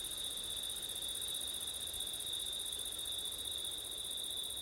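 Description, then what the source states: Crickets trilling steadily and shrilly without pause. Crickets on a windy September night, ORTF microphone setup.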